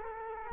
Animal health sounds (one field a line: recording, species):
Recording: mosquito wingbeat signal from an infrared sensor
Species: Culex quinquefasciatus